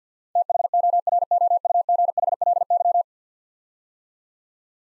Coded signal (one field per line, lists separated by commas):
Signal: Morse code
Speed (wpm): 48 wpm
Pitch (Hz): 700 Hz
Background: none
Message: THOROUGHLY